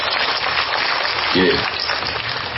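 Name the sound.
audience applause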